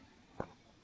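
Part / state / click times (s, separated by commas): case closure latch / seated / 0.4 s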